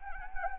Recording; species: mosquito wingbeat signal from an infrared sensor; Anopheles arabiensis